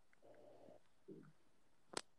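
Two low, gurgling rumbles from an adult's stomach, the first about half a second long and the second shorter, then a brief click: ordinary stomach rumbling from digestion.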